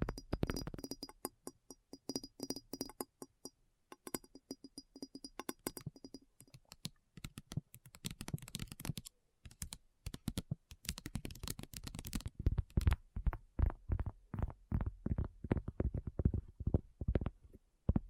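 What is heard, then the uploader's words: ASMR tapping, with fingertips striking a surface in quick, uneven bursts that sound much like typing. The taps are sharp and fairly low, come in dense runs with brief pauses near nine seconds, and grow louder and more forceful after twelve seconds. ASMR Addictive Tapping.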